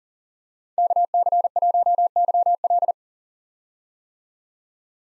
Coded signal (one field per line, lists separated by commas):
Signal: Morse code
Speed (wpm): 40 wpm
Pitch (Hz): 700 Hz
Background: none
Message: KC1YL